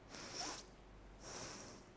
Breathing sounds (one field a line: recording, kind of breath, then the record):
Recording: one breath in and out by a microphone near the nose and mouth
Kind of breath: deep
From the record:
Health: marked as sick, illness not named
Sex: female